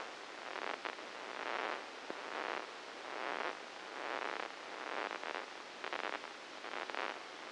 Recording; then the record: brain microelectrode recording played as sound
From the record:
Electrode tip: inside the subthalamic nucleus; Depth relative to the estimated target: 1 mm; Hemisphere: left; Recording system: NeuroSet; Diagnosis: Parkinson's disease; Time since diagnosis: 8 years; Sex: male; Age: 59 years